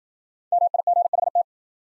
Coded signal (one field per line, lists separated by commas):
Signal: Morse code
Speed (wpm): 51 wpm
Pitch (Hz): 700 Hz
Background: none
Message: MIGHT